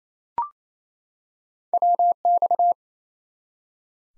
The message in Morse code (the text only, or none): WX